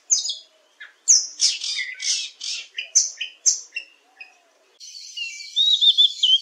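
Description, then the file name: Oriental magpie-robin song: a quick run of varied high chirps and whistled notes, a short pause, then a long scratchy, buzzy warble at the end. "Copsychus saularis"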